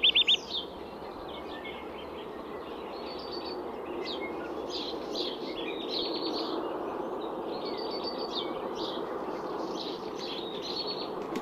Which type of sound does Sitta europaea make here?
song